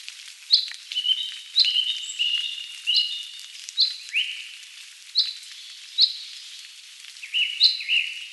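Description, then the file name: Common chaffinch calls, short sharp high notes repeated over a steady hiss of background noise. "Fringilla coelebs"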